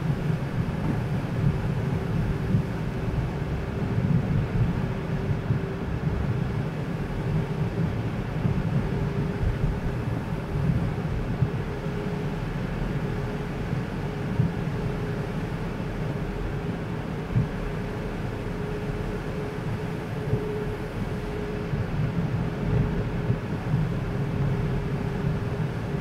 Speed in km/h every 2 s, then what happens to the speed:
47, 47, 47, 48, 48, 50, 50, 49, 51, 51, 50, 51, 49.
0-26 steady at about 49.